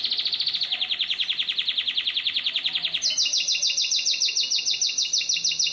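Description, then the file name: Canary trilling loudly: a fast pulsing roll for three seconds, then a switch to a higher, brighter rattle repeated at the same quick rate. "Canary Voice"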